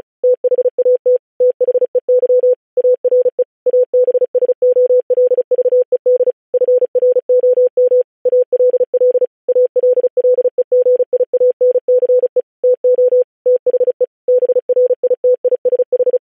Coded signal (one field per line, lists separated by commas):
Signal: Morse code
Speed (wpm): 36 wpm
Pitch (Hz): 500 Hz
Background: none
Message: THAT THEY ARE ABSOLVED FROM ALL ALLEGIANCE TO THE BRITISH